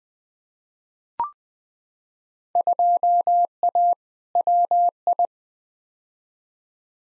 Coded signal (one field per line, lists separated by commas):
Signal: Morse code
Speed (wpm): 20 wpm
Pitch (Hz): 700 Hz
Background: none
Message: 2A WI